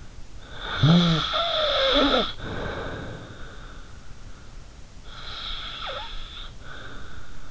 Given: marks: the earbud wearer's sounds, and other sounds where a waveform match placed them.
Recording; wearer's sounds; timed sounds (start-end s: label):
sounds in sleep by an in-ear microphone; snoring breath
0.51-4.29 s: snoring breath
5.01-7.51 s: snoring breath